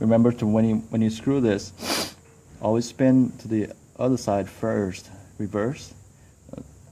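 Someone talks while handling a screw going back into the plastic damper holder of a printer carriage, which is to be turned backwards until it drops into the existing thread before being screwed in forward. Two faint, brief taps are heard near the end, but nothing has clicked or seated yet.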